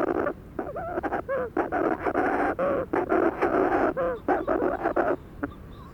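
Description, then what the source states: Manx shearwater giving harsh, raucous gasping calls in a rapid rhythmic series, with short rising and falling inflections between breathy bursts, continuing for about five seconds. Recorded in 2007.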